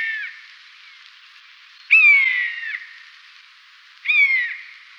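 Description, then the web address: Common buzzard mewing: the tail of one call, then two drawn-out, plaintive calls, each starting high and sliding downward, about two seconds apart. "Sissonne. Buse variable"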